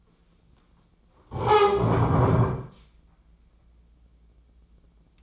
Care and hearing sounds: daily activity, microphone in the room; stand up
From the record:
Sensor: 1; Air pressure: 996.0 hPa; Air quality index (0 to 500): 236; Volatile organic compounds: 1000 ppm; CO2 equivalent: 6892 ppm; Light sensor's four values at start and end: 35/87/37/45 and 34/83/36/43

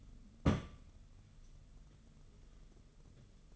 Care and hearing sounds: daily activity, microphone in the room; place on stove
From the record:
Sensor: 4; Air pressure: 995.3 hPa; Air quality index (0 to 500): 216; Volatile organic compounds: 264 ppm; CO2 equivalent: 4398 ppm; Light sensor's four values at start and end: 24/76/29/31 and 24/76/29/31

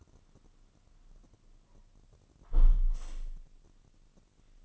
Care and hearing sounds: daily activity, microphone in the room; close window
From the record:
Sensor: 4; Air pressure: 1005.5 hPa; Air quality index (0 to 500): 93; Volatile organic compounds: 2 ppm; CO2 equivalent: 1148 ppm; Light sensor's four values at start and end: 13/29/12/11 and 13/29/11/11

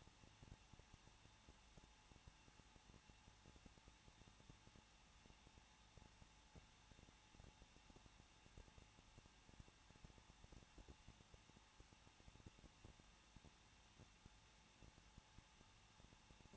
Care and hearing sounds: daily activity, microphone in the room; no activity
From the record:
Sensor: 1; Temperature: 20.1 degrees Celsius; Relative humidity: 39.1%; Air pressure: 1006.3 hPa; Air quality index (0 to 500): 217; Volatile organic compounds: 75 ppm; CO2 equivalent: 3568 ppm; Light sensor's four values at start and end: 1/2/1/1 and 1/2/1/1

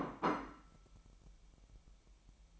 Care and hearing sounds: daily activity, microphone in the room; place plate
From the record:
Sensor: 1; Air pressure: 1002.0 hPa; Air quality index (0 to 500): 242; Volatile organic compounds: 47 ppm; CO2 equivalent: 3253 ppm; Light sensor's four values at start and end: 8/28/10/11 and 8/28/10/11

